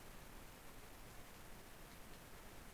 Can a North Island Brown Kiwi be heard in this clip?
no